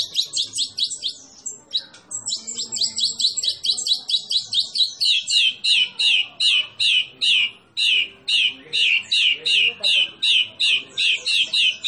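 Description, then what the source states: White-rumped shama song, sharp high chirped notes repeated in a fast steady rhythm, about two or three per second, after an opening burst of twittering. Masteran training recording for songbirds, featuring a champion white-rumped shama.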